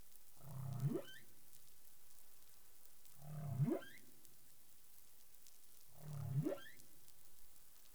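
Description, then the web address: Humpback whale calls: three low moaning units that sweep sharply upward into a rising whoop, repeated about every three seconds over steady underwater hiss. Recorded 20 April 2021 at 03:26 UTC. "CARIMAM. humpback whale 20210420 032642 UTC"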